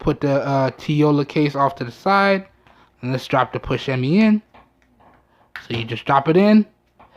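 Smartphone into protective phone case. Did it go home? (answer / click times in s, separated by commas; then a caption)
no / none. A smartphone is dropped into a PUSHIMEI plastic full-protective case after another case is set aside, while someone talks. Brief handling knocks are heard at about 4.8 s and 5.6 s. The phone has not yet clicked or seated in the case when the clip ends.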